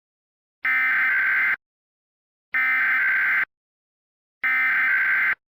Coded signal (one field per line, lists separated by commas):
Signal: Emergency Alert System (SAME) tones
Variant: header bursts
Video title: EAS Scenario #2: Georgia Powerplant Emergency